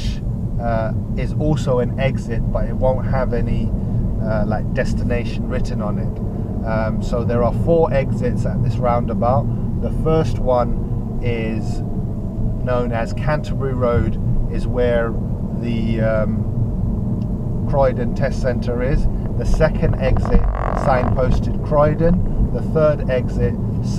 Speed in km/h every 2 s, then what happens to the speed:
27, 32, 35, 37, 35, 31, 29, 31, 35, 37, 39, 39.
0-5 speeds up to 37. 5-11 slows to 29. 11-19 speeds up to 39.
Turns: none.